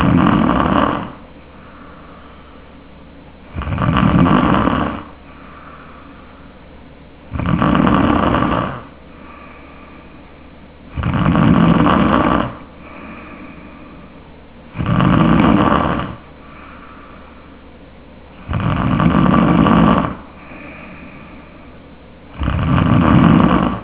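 Tongue base snoring from a sleeping adult: seven loud snores, each lasting about a second, recurring regularly every 3.5 to 4 seconds, with faint breathing between them.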